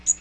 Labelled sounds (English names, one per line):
Magnolia Warbler flight call